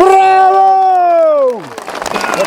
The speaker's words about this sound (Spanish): Yo pido un aplauso para EPSA por aceptar más. ¡Bravo! ¡Bravo!